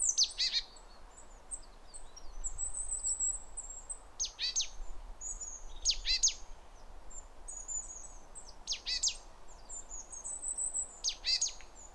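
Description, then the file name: Great tit calls: several short bursts of sharp notes come at irregular intervals, with thin high whistles and twitters in between. "Parus major"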